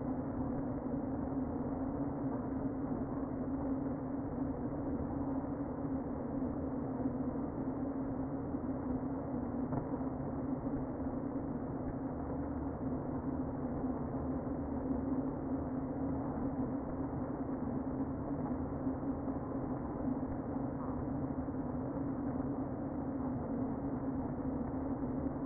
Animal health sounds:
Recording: honeybee colony, microphone inside the hive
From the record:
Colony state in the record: queen present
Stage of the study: before two queens were removed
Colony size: about 60,000 bees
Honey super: yes

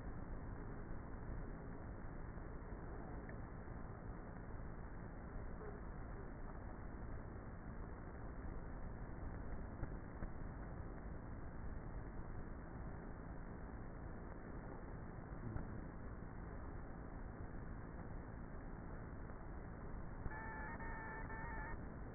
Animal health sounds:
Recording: honeybee colony, microphone inside the hive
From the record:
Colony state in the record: queenless with a low population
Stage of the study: before two queens were removed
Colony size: about 30,000 bees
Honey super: no

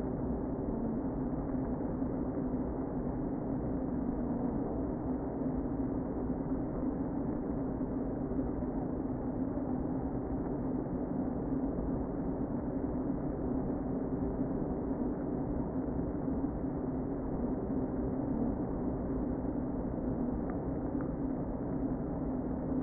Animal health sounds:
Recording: honeybee colony, microphone inside the hive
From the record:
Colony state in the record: queen present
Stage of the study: before two queens were removed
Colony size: about 60,000 bees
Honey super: yes

